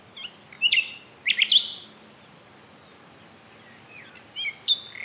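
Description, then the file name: Common nightingale song: a run of high, sharp chirps and whistled notes, a pause of a few seconds, then a brief phrase at the end. "Luscinia megarhynchos"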